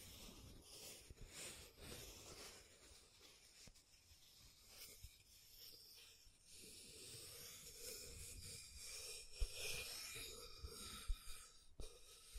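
Scratching and tracing sounds rasp on continuously in uneven strokes, with brief sharp clicks near nine and eleven seconds over a low rumble.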